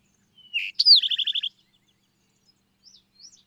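Bird song: a short buzzy note, a sharp downslurred whistle, then a rapid even trill of about seven notes, followed by a few soft faint chirps.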